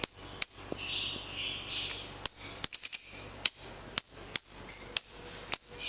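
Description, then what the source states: Lovebird song with a thin sustained high whistle broken by sharp clicks and brief chattering bursts, the notes uneven and spaced irregularly. National champion bird.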